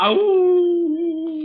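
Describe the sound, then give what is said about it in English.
A man's voice imitates a wolf howl while playing the wolf's part in a play, one sustained, wavering tone that starts with a brief rising wail, then holds steady at a moderate pitch for over a second before trailing off. “Oh, did that sound like a wolf, Mary?”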